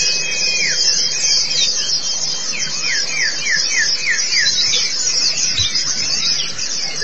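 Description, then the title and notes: White-eye chatter: continuous high twittering over a series of lower descending whistled notes, all against a noisy background. Pleci (white-eye) chirping song. "Suara kicauan burung pleci"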